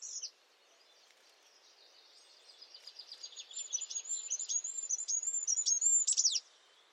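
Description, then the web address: Bird song of high, quick whistled notes building gradually over soft background hiss, ending in a louder descending flourish. "Bird Only"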